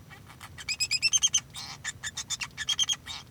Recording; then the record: song of a male Bengalese finch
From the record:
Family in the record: son of father 2